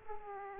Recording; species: mosquito wingbeat signal from an infrared sensor; Aedes aegypti